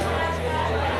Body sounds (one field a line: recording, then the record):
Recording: background sound without coughing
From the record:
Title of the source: CITY SOUNDS Busy Bar in the Evening Night - 2 HOURS of Ambiance for Relaxation